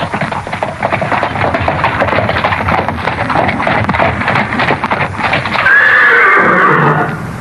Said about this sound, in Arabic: قف يا هذا، إني سمعت وقع حوافر خيل قادمة.